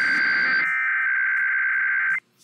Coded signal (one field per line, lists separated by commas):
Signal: Emergency Alert System (SAME) tones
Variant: header bursts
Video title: KUNA and IPAWS Weeklies (EAS #14799-14804) 1/22/24